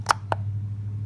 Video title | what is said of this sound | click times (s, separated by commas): 2009 BMW X3 xdrive30i (E83) Oil and Filter change | but i'm just going to keep the same orientation it works for me now listen to the pop okay | 0.3 s